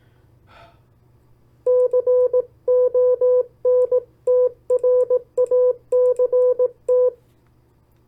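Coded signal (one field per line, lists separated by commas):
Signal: Morse code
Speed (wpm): 18 wpm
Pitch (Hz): 500 Hz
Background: none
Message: CONTRACT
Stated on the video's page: Morse copy practice of opposite words sent at 18 WPM and 14 WPM.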